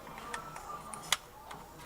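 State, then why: Not seated. An internal receiver part is handled against the body of an Echo 1 USA RedStar Wolverine airsoft rifle during reassembly. Light taps and ticks sound, with a sharp hit near 1.1 s, but nothing has seated or clicked yet. The part is not yet home.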